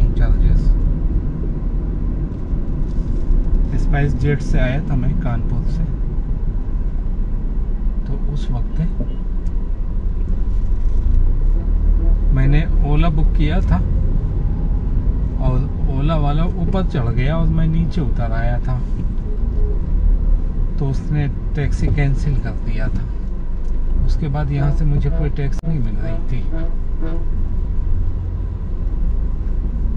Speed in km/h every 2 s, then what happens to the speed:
31, 28, 14, 4, 0, 3, 13, 16, 13, 6, 11, 1, 4, 6, 9.
0-7 brakes to 0. 7-9 standing. 9-13 pulls away to 16. 13-17 slows to 6. 17-30 steady at about 6.